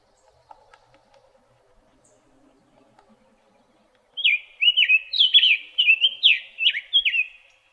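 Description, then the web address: Summer tanager singing a quick series of burry whistled phrases after several seconds of near silence with faint low background noise. Arizona, 13 April 2008. "Tanagers SUTA 041308"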